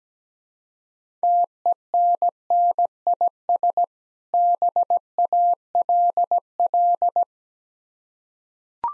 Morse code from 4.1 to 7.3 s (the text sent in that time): BALL